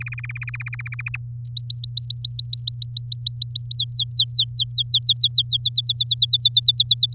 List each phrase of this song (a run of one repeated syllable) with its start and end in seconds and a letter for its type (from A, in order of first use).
0.01-1.01 A, 1.06-1.17 B, 1.45-3.66 C, 3.71-5.57 D, 5.61-7.13 E